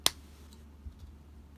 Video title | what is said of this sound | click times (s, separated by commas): Hot Wheels Star Wars First Order Transporter | just like most Hot Wheels ships it comes with a cool stand just pay them to port like so hear that click and you're | 0.1 s